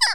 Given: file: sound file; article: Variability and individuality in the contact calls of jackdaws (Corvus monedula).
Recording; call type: jackdaw call; harmonic